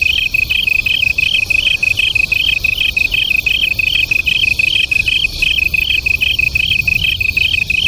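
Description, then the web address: Japanese tree cricket duet: two high trilled pulse trains at slightly different pitches alternate steadily, roughly three pulses per second. Local name kantan; two crickets singing as a duet. "sikioto insect kantanduet"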